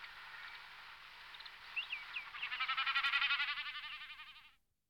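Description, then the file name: Common snipe drumming: a soft, buzzy, fast-pulsing bleat that swells in loudness and then fades, over a faint hiss. "Bekasina otavni Galllinago gallinago"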